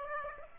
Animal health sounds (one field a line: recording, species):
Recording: mosquito wingbeat signal from an infrared sensor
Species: Aedes aegypti